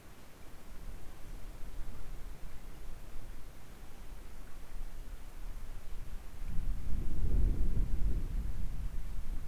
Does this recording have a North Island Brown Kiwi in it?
no